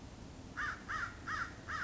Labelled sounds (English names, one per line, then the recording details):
American Crow
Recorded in Sonoma County, California